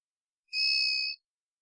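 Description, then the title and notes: Varied thrush song note: one steady, ethereal whistled tone with a buzzy, vibrating quality, held for about seven tenths of a second in silence. Odd song like warming-up practice, perhaps a juvenile or immature bird; Pacific Northwest, Washington, United States; parabolic single-species recording, processed for clarity. "BIRDSong Thrushes And Allies - Varied Thrush - Immature. Varied Thrush, Ixoreus naevius, song, odd, like warming-up practice, perhaps juvenile. Recorded in the beautiful Pacific Northwest, Washington, United States"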